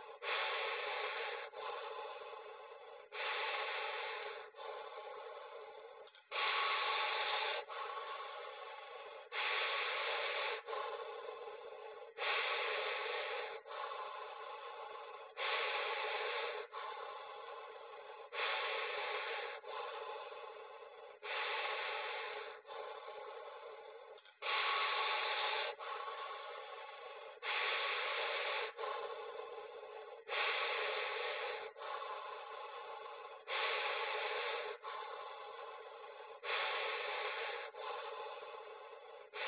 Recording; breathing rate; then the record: paced breathing near a phone; 20 breaths a minute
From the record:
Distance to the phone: 40 cm